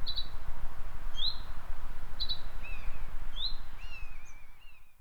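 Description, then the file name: Finch with bright upslurred chirps and brief doubled notes, ending in a lower wavering note, heard against steady low-pitched environmental rumble. "fink"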